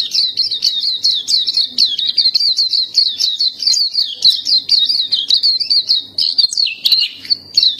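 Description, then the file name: Black-capped white-eye song: fast, high twittering phrases in a steady flow, with a lower, slurred dip near the end before the chatter resumes. "suara pleci dahi topi hitam"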